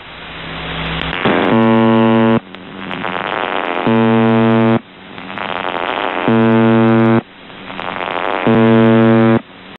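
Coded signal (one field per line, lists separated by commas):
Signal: channel marker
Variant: UVB-76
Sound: four harsh low buzzes, about one second each, repeating every 2.4 seconds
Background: radio static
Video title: The Buzzer/UVB-76(4625Khz) May 18th, 2023 Voice messages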